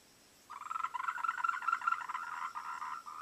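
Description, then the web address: Frog croaks start abruptly after a moment of quiet, a series of quick pulsed, rattling notes repeated in short bursts. "voice cam frogs"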